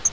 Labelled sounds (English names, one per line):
Black-throated Gray Warbler flight call